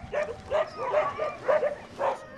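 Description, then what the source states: Sled dogs giving several short, yelping barks, each with a tonal whine. Sled dogs on the return at the end of a forest ride, Barre-de-Monts, France, during the 'Sports d'hiver à la mer' event, 18 February 2022.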